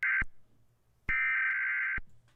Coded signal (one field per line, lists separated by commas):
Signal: Emergency Alert System (SAME) tones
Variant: header bursts